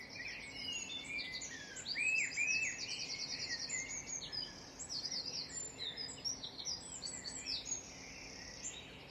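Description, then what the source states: Birds in chorus: bright whistled swoops and buzzy trills pile up, peaking around two seconds, then continuing as steady overlapping twittering over a low hum. Dawn chorus of birds singing.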